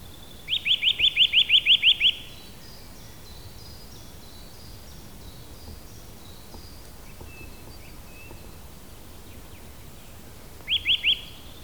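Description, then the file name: Eurasian nuthatch producing a fast even run of about nine rising whistled notes, a long quiet stretch with faint birds, then another short run begins. "Sitta europaea"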